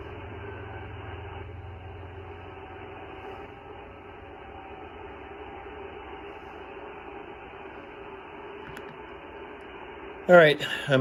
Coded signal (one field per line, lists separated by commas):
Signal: FT8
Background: speech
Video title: Trying some 6 meter FT8 before the storm hits. Thunder Bay On YQT 061824